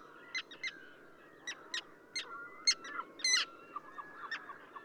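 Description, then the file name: Common tern calls, harsh grating notes in irregular bursts with several birds overlapping, some longer drawn tones running underneath. Subspecies minussensis, recorded at Ögii Nuur, Mongolia. "ctern-minussensis mng ogi-nuur"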